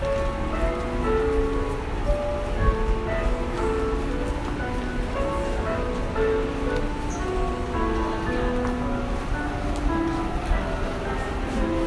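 A busy metro station at evening rush hour: dense, steady crowd chatter and footsteps over a low rumble, with scattered brief tones throughout.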